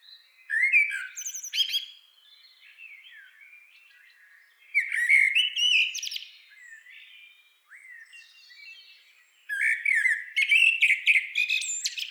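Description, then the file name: Common blackbird singing three separate loud phrases, each a mellow warble rising into thin, scratchy high notes, with softer warbling in between. "Turdus merula"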